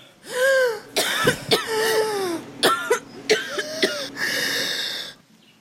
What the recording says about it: This sound memory is about the first time I experienced an asthma attack. I got my hands on what I thought was a bucket of water; causing me to wake up in the middle of the night to a sound and a feeling I had never experienced before. I was just having an asthma attack. It wasn't water. It was bleach.